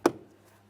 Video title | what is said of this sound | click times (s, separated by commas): How to Replace Rear Exterior Door Handles 2015-2020 Ford F-150 | listen for a click from both ends | 0.1 s